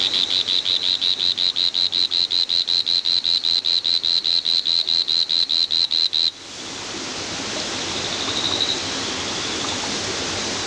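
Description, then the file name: Whirring tree frog call, a rapid series of evenly spaced high pulses lasting about six seconds before stopping, leaving background noise. "Litoria revelata"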